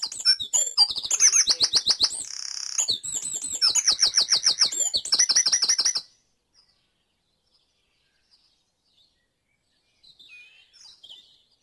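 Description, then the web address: Bird song from a dawn chorus: loud, rapid repeated trills and ringing notes for about six seconds, then near silence with a faint twitter. Dawn chorus recorded in Mold, North Wales. "beanstalk-audio Dawn Chorus in Mold North Wales"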